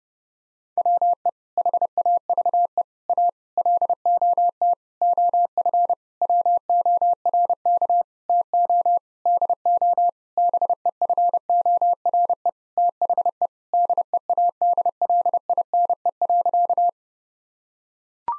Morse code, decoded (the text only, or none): WE HAVE A LOT OF WORK TO DO BEFORE THE DEADLINE.